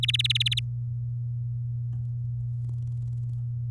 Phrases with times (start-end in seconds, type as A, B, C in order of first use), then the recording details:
0.03-0.59 A. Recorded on 10 May 2018 at 05:43. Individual llb16